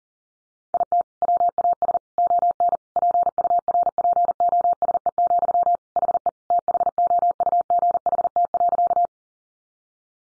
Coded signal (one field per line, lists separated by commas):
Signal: Morse code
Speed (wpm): 40 wpm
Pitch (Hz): 700 Hz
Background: none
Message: IT WAS ON PURPOSE, HE THOUGHT.